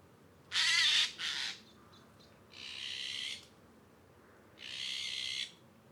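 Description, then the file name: Eurasian jay making harsh, raspy screeches: two quick calls close together, then two longer, hoarser rasps spaced about two seconds apart. "Garrulus glandarius"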